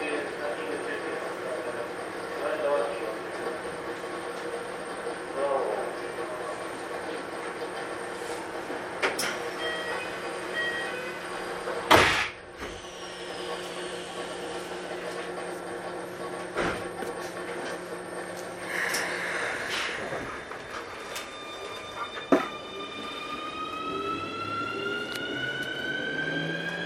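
Ride aboard a Keikyu New 1000 series aluminum train between Yokohama and Misakiguchi: a steady rumbling run with a low hum and faint voices. Sharp clacks and knocks break in around 12 and 22 seconds, and near the end the motor whine climbs in pitch as the train speeds up.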